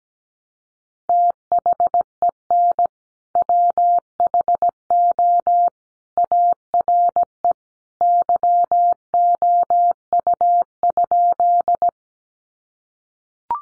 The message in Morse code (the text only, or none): THEN WHO ARE YOU?